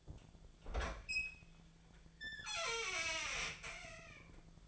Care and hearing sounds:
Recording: daily activity, microphone in the room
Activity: open fridge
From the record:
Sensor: 5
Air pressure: 1009.8 hPa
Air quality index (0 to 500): 164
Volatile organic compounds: 4 ppm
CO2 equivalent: 1591 ppm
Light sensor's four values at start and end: 111/287/119/127 and 113/291/121/130

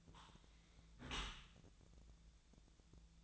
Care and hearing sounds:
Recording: daily activity, microphone in the room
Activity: close dishwasher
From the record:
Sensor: 3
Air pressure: 1000.5 hPa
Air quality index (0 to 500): 176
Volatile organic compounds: 3 ppm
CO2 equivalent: 1523 ppm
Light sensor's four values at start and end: 13/36/14/15 and 13/36/14/15

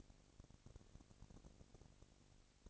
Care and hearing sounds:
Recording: daily activity, microphone in the room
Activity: no activity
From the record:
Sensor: 4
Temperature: 22.3 degrees Celsius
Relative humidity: 31.9%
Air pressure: 998.0 hPa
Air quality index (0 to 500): 203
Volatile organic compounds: 17 ppm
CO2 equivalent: 2570 ppm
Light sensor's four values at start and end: 2/3/1/1 and 2/3/1/1

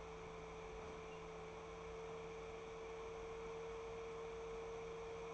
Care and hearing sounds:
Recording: daily activity, microphone in the room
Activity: open fridge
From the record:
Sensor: 1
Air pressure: 1014.9 hPa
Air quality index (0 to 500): 192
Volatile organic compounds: 21 ppm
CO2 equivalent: 2727 ppm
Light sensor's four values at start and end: 11/27/11/12 and 10/26/10/12

